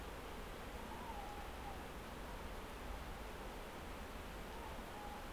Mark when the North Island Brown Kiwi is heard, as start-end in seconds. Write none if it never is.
none